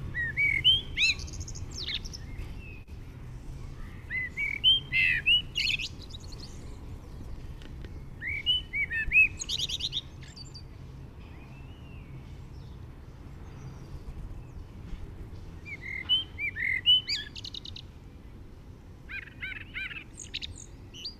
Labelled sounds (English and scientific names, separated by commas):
Common Blackbird (Turdus merula) song